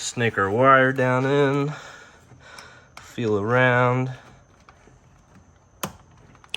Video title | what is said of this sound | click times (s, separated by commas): Bmw e46 Intake & Exhaust Cam Sensors & Crankshaft Position Sensor Replacement | and boom feel it till it clicks | 6.5 s